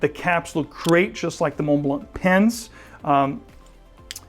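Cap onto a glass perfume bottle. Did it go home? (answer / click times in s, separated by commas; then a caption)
yes / 4.1 s. Someone talks, then fits the heavy cap back onto a thick glass Montblanc Extreme Leather perfume bottle. A sharp click at 4.1 s marks the cap clicking into place, as it is not magnetic.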